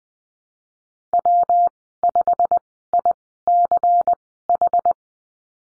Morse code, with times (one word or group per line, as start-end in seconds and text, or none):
1.1-1.7 W
2.0-2.6 5
2.9-3.1 I
3.5-4.1 C
4.5-4.9 H